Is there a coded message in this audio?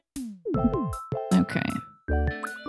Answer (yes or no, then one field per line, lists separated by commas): no